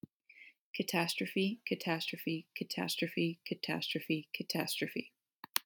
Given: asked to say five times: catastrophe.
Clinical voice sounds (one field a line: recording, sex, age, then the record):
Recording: repeated word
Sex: female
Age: 20 to 29 years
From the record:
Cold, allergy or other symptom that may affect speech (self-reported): no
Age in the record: 20 years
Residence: North Carolina, United States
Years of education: 14